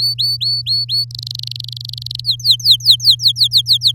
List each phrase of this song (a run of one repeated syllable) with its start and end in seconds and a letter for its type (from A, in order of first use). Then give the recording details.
0.00-1.05 A, 1.11-2.21 B, 2.24-3.92 C. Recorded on 7 May 2018 at 15:23. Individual llb16